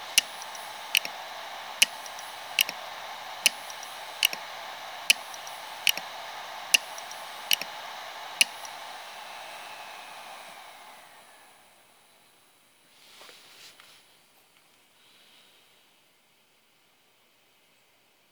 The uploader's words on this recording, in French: Bruit typique d'un crash des têtes de lectures sur Seagate 7mm.